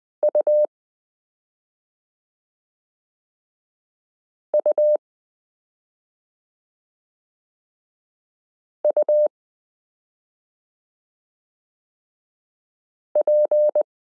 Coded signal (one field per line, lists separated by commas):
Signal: Morse code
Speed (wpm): 20 wpm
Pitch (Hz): 600 Hz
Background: none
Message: UUUP